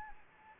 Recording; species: mosquito wingbeat signal from an infrared sensor; Anopheles gambiae